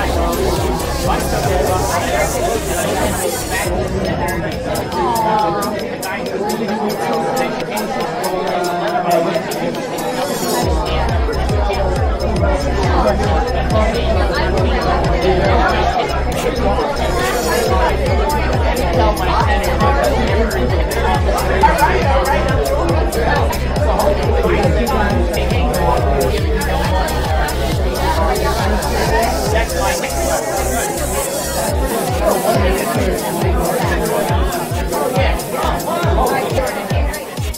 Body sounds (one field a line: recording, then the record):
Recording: background sound without coughing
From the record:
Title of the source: Nightlife Party Simulating Party Club Noise 1 Hour